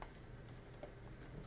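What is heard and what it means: A DDR memory module is handled and pressed toward a motherboard DIMM slot, producing faint handling ticks near 0.0 s and 0.8 s over a low steady background. Nothing has seated or clicked yet; the module is not yet home and the retention clip has not snapped shut.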